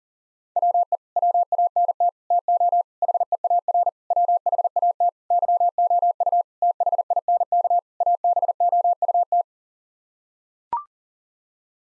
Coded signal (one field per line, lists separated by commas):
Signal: Morse code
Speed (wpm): 40 wpm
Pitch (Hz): 700 Hz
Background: none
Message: WE WANT TO HEAR WHAT YOU THINK ABOUT